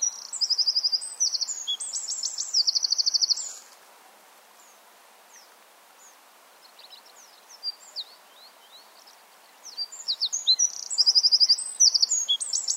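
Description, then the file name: Eurasian wren song, two loud bursts of high, rapid trills and chattering notes, separated by about six seconds of scattered faint high chips. "Troglodytes troglodytes"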